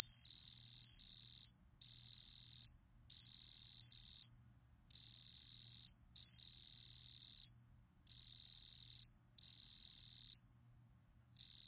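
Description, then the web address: Southeastern field cricket song: a series of high steady trills about one second long, spaced by short gaps, repeated several times. North America. "Songs of Insects. Southeastern Field Cricket"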